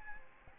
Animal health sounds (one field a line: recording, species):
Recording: mosquito wingbeat signal from an infrared sensor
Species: Aedes albopictus